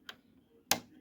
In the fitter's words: And then this one always clicks in a little bit harder.